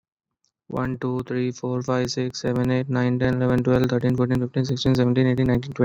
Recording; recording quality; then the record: counting at a normal pace; excellent, no background noise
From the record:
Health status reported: exposed to COVID-19, no respiratory illness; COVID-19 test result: negative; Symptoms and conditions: fatigue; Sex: female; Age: 29 years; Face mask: not worn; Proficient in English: yes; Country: India